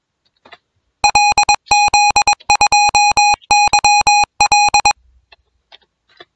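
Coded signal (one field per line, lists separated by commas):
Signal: Morse code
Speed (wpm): 22 wpm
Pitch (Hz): 2500 Hz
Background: none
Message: LZ2YL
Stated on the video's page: Home training for high-speed radiotelegraphy sport using RUFZ software.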